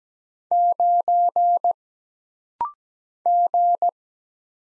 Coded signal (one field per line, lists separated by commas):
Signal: Morse code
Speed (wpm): 17 wpm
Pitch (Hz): 700 Hz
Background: none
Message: 9 G